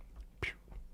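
A plastic pop filter is pushed onto the front of a USB microphone and snaps on like a Lego piece. A single sharp snap is heard at 0.4 s over a quiet background, and the pop filter is seated.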